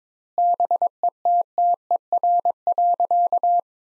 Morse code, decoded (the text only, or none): BETTER.